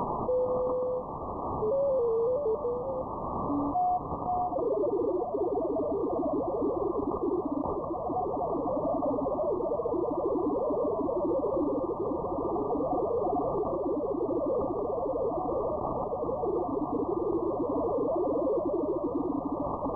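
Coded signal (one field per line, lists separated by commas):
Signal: multi-tone FSK (Olivia or MFSK type)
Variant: Olivia 8-250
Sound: brief stepping tone, then a steady warbling cluster of hopping tones in static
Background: radio static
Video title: fldigi Olivia 8-250 on 7.072Mhz (40 meters)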